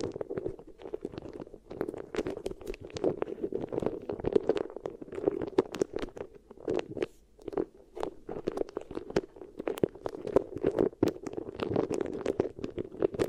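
Beeswax ear triggers: steady, dense squishing and sticky crackling with rapid irregular pops and clicks over a constant muffled rubbing throughout.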